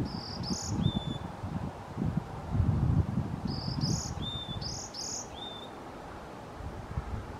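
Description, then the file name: Varied tit calling: high squeaky note pairs followed by a lower clear whistle, repeated in two phrases, with continuous deep background rumble. Recorded on 4 March 2021. "20210304 yamagara"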